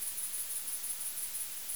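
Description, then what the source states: Bat echolocation pulses as faint high ticks, repeating rapidly, over a steady hiss. Bat detector, 20 August 2018.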